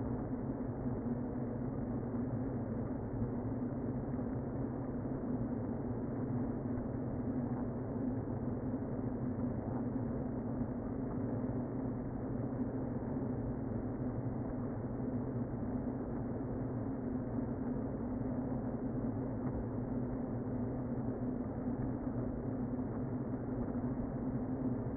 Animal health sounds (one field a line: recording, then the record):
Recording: honeybee colony, microphone inside the hive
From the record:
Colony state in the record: queen present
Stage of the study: before two queens were removed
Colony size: about 60,000 bees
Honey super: yes